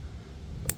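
A wiring harness plug is pushed onto an engine sensor connector in the engine bay of a Kia K4 while a JB4 tuning module is being installed. After a low rumble, a single sharp click sounds at 0.7 s as the connector seats fully.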